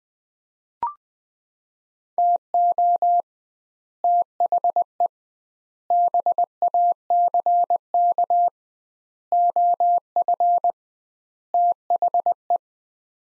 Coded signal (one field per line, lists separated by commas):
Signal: Morse code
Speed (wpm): 20 wpm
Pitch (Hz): 700 Hz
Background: none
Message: TO THE BACK OF THE